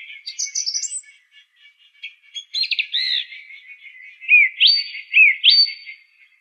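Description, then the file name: Song thrush song: varied high whistled and scratchy phrases, ending with a rising swept phrase delivered twice. "suara kicauan burung song thrush. omkicau"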